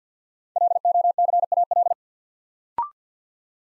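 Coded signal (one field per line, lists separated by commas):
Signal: Morse code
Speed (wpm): 48 wpm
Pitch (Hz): 700 Hz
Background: none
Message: LOCAL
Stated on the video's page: Morse practice drill at 50 wpm, building 5-letter words one letter at a time, for instant character recognition.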